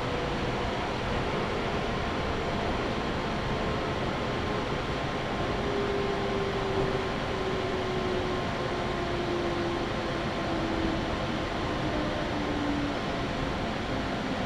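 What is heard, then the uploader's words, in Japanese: A local train on the Chuo West Line, heard as a steady, dense rumble that stays at the same loudness throughout. A faint tone glides slowly downward from about six seconds on, like a motor winding down, and a thin steady whine sits above it. 中央西線 普通 中津川→十二兼。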